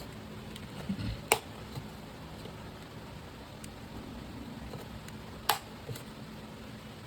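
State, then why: Seated. Slotted panels of an Easter egg holder made from craft blank pieces are pushed one at a time into their mating slots. Each piece clicks in tight with two sharp, loud clicks at 1.3 s and 5.5 s, and both pieces are seated. Fainter taps and handling noise come between the clicks over a steady low background hum.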